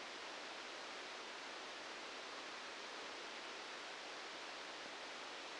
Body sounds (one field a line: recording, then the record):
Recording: brain microelectrode recording played as sound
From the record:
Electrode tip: outside the subthalamic nucleus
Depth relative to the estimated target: -6 mm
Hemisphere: left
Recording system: NeuroSet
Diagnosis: Parkinson's disease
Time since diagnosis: 19 years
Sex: female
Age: 69 years